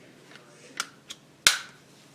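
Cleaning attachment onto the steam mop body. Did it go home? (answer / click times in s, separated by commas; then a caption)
yes / 1.5 s. A plastic cleaning attachment is pushed onto the lift-away body of a Shark steam mop until it locks. A few faint taps and clicks come at about 0.4, 0.8 and 1.1 s. A sharp, bright click at 1.5 s marks the attachment seating in place.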